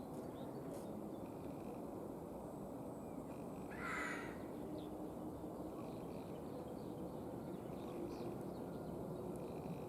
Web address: la voix le cri le chant dun geai monde de la nature